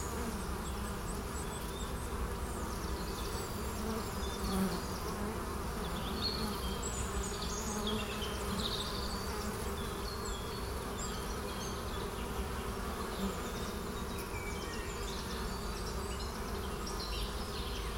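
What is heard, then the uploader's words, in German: Busy bees hum and buzz without pause, a dense, steady drone of many insects layered in the low and middle range. Faint chirps and brief higher flickers come and go above it, with no lull across the eighteen seconds. Fleißige Bienchen in 3D - Meditative Naturaufnahmen. Mit unserem speziellen Kunstkopf-Mikrofon haben wir für Sie aufgenommen, wie die Bienen früh morgens erwachen und so langsam auf Betriebstemperatur kommen. 3D-Klang und viel Summen und Brummen.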